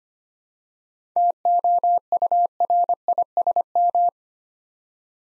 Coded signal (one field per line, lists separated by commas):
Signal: Morse code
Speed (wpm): 25 wpm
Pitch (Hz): 700 Hz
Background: none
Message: TOURISM